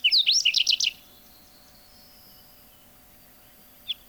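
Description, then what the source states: Whinchat song: one quick scratchy phrase of rapid rising and falling notes lasting about a second, followed by quiet and a short note at the end. Field recording from Finland, released on cassette in 1987.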